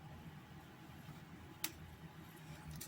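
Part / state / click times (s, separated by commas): headband cushion end into headset headband / seated / 1.6 s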